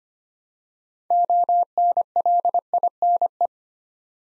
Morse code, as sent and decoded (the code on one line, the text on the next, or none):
--- -. .-.. .. -. .
ONLINE